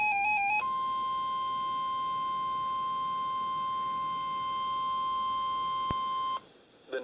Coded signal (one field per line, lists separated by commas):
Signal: Emergency Alert System (SAME) tones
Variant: 1050 Hz attention tone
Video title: Severe Thunderstorm Warning (EAS #310)